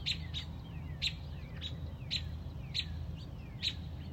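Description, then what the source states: Robin giving quick, bright chirps with faint descending whistles between them, low droning hum underneath. Mother robin protecting a newly hatched chick on a front porch.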